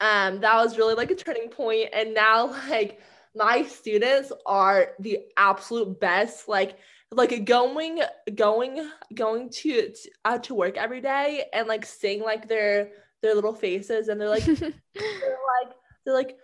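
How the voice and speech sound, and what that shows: A woman speaks in a conversational monologue, with a whole-word repetition ("going, going, going to"), prolonged sounds and pauses, and repeated "the, like" restarts near the end. These disfluencies fit stuttering in an adult who stutters.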